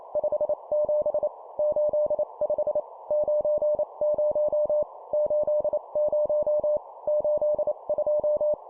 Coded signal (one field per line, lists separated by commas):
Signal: Morse code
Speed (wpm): 28 wpm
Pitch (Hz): 600 Hz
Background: none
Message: 57 85 90 80 82